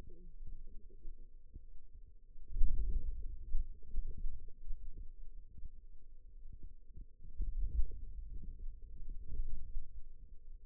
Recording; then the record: forearm muscle sounds (acoustic myography)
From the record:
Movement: wrist extension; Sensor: system 2, bracelet of six BSWA MPA416 microphones around the upper forearm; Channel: 3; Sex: female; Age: 21 years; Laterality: right